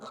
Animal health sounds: pig call; piglet (1 to 25 days)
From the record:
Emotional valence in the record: negative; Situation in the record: short isolation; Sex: male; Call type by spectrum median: low-frequency call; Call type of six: low-frequency tonal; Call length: 0.11 s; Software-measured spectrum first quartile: 501 Hz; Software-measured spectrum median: 1048 Hz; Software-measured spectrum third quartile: 1669 Hz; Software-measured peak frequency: 1302 Hz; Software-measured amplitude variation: 28 dB a second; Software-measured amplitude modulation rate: 18.8 a second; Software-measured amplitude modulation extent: 1.5 dB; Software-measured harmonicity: 2.6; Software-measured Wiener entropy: -0.81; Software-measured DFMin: 660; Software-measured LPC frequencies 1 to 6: 632, 1291, 2808, 3865, 6220, 7011 Hz

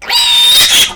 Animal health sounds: pig call; piglet (1 to 25 days)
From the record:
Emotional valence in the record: negative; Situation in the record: crushing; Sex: female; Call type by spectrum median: high-frequency call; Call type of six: high-frequency stable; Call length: 0.96 s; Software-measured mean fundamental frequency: 333 Hz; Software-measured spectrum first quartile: 3396 Hz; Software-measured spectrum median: 4157 Hz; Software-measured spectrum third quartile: 7193 Hz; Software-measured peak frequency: 3646 Hz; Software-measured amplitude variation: 89 dB a second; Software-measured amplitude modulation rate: 18.2 a second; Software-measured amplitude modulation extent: 4.9 dB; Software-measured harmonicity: 6.1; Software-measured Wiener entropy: -2.43

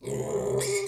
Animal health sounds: pig call; weaner (32 to 43 days)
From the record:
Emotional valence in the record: negative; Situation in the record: novel object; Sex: female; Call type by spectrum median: low-frequency call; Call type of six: mixed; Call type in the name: high-frequency modulated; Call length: 0.88 s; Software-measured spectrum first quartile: 392 Hz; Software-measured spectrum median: 983 Hz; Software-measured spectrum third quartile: 5926 Hz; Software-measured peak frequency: 404 Hz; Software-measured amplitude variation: 123 dB a second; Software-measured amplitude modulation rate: 22.2 a second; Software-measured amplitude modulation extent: 5.5 dB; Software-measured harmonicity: 6.1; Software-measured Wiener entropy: -4.66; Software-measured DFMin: 1221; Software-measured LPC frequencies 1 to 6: 436, 2183, 3519, 5041, 6945, 7372 Hz

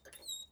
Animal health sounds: pig call; piglet (1 to 25 days)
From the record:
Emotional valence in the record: negative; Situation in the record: restrain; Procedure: back test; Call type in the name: high-frequency call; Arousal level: medium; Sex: female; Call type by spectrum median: high-frequency call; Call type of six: high-frequency stable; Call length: 0.52 s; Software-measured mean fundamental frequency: 208 Hz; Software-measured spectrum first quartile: 3664 Hz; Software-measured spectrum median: 5370 Hz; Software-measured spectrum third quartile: 8366 Hz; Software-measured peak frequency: 3849 Hz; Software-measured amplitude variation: 222 dB a second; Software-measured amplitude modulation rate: 19.3 a second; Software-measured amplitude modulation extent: 11.5 dB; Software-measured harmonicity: 20.0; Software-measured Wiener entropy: -3.76

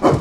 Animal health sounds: pig call; growing-finishing pig (85 days or more)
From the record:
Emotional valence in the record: positive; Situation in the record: run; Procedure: transit

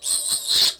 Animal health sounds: pig call; piglet (1 to 25 days)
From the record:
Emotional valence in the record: negative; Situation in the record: castration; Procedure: castration, cut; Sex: male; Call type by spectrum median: high-frequency call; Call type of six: high-frequency modulated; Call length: 0.80 s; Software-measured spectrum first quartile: 4120 Hz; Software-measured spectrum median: 5518 Hz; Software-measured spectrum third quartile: 8576 Hz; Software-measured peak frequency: 4286 Hz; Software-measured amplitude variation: 144 dB a second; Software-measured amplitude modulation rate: 16.8 a second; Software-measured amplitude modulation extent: 8.6 dB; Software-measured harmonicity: 5.8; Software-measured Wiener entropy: -2.40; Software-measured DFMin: 568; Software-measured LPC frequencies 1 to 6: 938, 1818, 3663, 4175, 8392, 12060 Hz

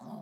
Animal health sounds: pig call; piglet (1 to 25 days)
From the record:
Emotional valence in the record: negative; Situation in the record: long isolation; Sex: female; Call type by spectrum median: low-frequency call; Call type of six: low-frequency modulated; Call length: 0.22 s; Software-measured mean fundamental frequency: 72 Hz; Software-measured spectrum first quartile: 211 Hz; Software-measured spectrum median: 368 Hz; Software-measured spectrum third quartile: 804 Hz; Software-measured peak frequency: 222 Hz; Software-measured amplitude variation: 117 dB a second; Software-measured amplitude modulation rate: 24.6 a second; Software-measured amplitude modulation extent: 4.8 dB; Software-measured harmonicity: 2.9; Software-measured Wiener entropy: -0.43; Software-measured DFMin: 1216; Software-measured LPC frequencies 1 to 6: 761, 3422, 3995, 4883, 6293, 7219 Hz

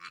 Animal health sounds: pig call; piglet (1 to 25 days)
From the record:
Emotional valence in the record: positive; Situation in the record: reunion after long isolation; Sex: male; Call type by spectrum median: low-frequency call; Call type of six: low-frequency tonal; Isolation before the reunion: 8 minutes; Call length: 0.10 s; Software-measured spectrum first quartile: 1364 Hz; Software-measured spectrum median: 1995 Hz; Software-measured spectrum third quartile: 2984 Hz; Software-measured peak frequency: 1363 Hz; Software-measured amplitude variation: 86 dB a second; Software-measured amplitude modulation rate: 14.8 a second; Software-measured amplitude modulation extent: 5.8 dB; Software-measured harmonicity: 1.2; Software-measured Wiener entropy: -1.43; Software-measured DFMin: 1013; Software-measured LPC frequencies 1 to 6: 1238, 2320, 4160, 5626, 7176, 8772 Hz

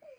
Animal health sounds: pig call; piglet (1 to 25 days)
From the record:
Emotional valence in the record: negative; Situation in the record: restrain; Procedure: back test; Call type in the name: low-frequency call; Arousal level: low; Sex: female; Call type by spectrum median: low-frequency call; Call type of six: low-frequency stable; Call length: 0.19 s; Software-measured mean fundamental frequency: 54 Hz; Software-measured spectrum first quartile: 553 Hz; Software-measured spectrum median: 626 Hz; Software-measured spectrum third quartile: 1118 Hz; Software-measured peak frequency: 591 Hz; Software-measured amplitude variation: 207 dB a second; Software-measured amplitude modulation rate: 21.0 a second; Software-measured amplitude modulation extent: 9.9 dB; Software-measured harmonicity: 13.9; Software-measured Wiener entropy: -1.95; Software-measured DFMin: 1197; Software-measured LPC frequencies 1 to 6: 581, 2389, 4856, 6275, 7386, 8342 Hz

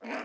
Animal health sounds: pig call; piglet (1 to 25 days)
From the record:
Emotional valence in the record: negative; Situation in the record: restrain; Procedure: in the arms of a person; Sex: female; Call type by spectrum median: low-frequency call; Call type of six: low-frequency tonal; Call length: 0.24 s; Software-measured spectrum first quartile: 488 Hz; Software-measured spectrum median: 964 Hz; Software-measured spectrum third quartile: 1927 Hz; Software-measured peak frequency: 651 Hz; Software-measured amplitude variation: 88 dB a second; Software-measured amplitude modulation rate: 14.3 a second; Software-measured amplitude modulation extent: 6.1 dB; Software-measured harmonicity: -0.1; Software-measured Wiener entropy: -0.87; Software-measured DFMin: 573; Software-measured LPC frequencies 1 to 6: 632, 1603, 2348, 4575, 5109, 6256 Hz

